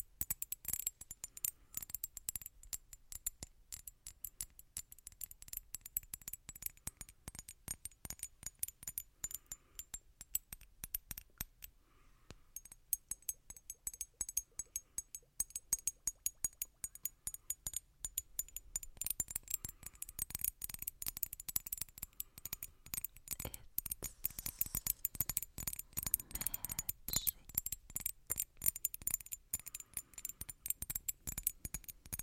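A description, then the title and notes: Rapid tapping on wood and glass, a dense run of sharp, bright clicks that rarely pauses. The taps come in quick irregular bursts, briefly thinning near twelve seconds, then growing busier and louder from about twenty seconds to the end. One trigger only tapping (Holz, Glas, etc.)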